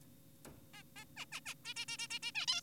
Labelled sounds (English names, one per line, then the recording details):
Zebra Finch
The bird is an adult
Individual g4p5U